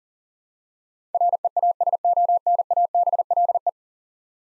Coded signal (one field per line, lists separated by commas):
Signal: Morse code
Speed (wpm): 40 wpm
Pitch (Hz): 700 Hz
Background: none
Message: REASONABLE